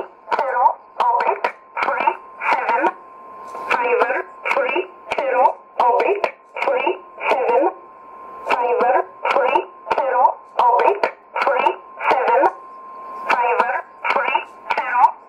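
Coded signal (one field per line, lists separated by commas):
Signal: numbers station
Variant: E11 Oblique, English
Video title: 05 04 2017 Numbers station E11 Oblique in English to Eu 0902 on 9399 in USB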